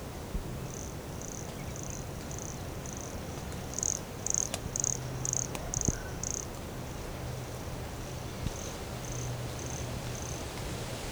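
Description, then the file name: Brachycephalus sulfuratus calling, very high thin notes about twice a second, faint at first, a louder run of six notes midway, then faint again, over steady low hiss. Recorded at Morro do Canal in January 2017, 150 cm from the microphone. "Brachycephalus sulfuratus Morro do Canal 150 cm from microphone LFRibeiro JAN-2017"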